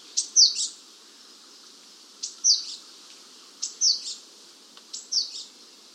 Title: Suara burung gelatik batu jepang